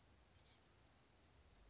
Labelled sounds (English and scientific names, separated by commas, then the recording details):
Oak Titmouse (Baeolophus inornatus)
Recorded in Sonoma County, California